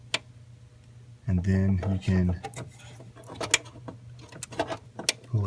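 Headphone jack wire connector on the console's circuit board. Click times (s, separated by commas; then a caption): 0.1 s. A thumb presses the latch on the headphone jack wire's connector on the circuit board inside an AVID SC48 mixing console, and the latch clicks open at 0.1 s, releasing the connector. Someone talks, and the connector is then pulled straight up amid several more short clicks and knocks.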